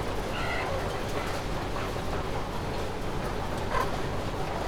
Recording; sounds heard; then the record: poultry house recording; healthy chickens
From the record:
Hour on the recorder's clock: 15